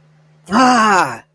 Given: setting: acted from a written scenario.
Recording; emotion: vocal sound without words; pain